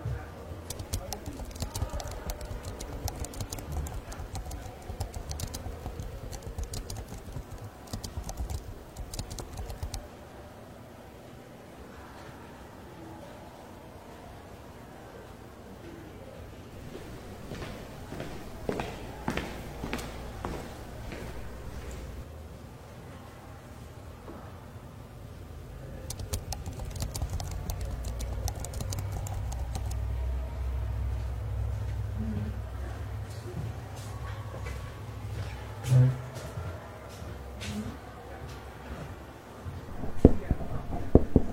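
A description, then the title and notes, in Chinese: Library ambience with a steady low rumble underneath, louder in the second half. Clusters of quick, dry taps from typing come and go, densest around 15 to 25 seconds, with faint murmured voices and occasional soft rustles and knocks, including a sharper one near the end. 公共图书馆沉浸式学习 图书馆环境音 打字声 写字翻书。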